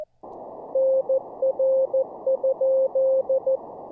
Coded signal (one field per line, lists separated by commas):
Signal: Morse code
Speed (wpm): 23 wpm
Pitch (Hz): 540 Hz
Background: none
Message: NR?